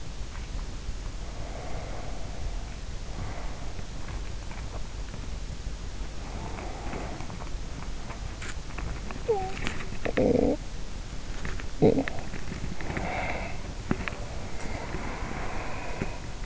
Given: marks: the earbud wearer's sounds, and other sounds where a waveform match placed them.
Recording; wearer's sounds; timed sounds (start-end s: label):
sounds in sleep by an in-ear microphone; breath, body movement, talking in sleep
1.02-4.17 s: breath
5.48-16.46 s: body movement
6.07-7.65 s: breath
9.10-10.80 s: talking in sleep
11.58-12.32 s: talking in sleep
12.73-16.46 s: breath